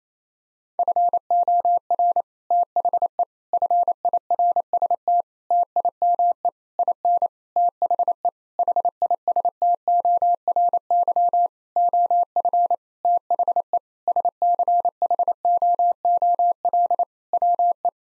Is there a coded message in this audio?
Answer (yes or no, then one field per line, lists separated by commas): yes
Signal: Morse code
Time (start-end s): 0.8-17.9 s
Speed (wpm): 28 wpm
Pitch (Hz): 700 Hz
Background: none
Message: FOR THE FIRST TIME IN THE HISTORY OF THE SCHOOL WE